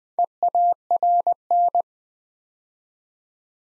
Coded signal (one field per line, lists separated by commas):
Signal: Morse code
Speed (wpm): 20 wpm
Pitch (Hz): 700 Hz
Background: none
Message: EARN